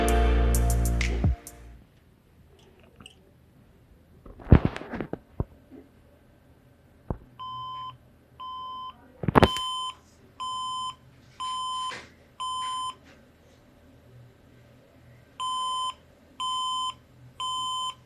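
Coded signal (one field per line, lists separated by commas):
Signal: beep code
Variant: HP workstation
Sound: handling noise, then six evenly spaced electronic beeps, a pause, and the beeps repeating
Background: handling and clicking noises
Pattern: 6 short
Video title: HP z400 Workstation 6 Beeps Red light No display Solution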